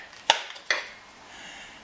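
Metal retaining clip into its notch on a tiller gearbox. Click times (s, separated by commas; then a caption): 0.3 s. A metal retaining clip is worked on a Ryobi rototiller gearbox until it snaps into its notch, giving a sharp metallic click at 0.3 s. A second, slightly softer click follows at 0.7 s, then faint hiss. The clip is seated in place.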